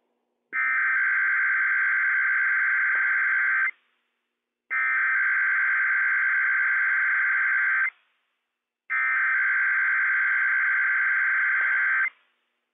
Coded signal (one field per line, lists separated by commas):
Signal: Emergency Alert System (SAME) tones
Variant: header bursts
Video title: Inland Northwest RWT - WWF56 - EAS #95 - 10:02 AM PDT 5/11/21